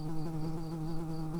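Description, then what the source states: Early bumblebee buzzing, a steady low drone with a strong fundamental and stacked harmonics, holding even pitch throughout with slight wavering. Workers.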